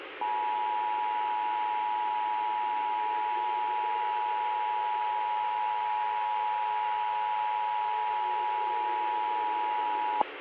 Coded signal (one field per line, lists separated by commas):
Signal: Emergency Alert System (SAME) tones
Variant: 853 and 960 Hz attention tone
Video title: FLARE - Zombie Virus EAS Scenario